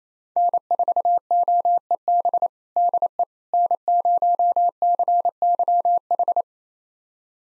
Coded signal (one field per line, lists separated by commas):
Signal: Morse code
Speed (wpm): 28 wpm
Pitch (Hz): 700 Hz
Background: none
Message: N4OEB DE N0CYH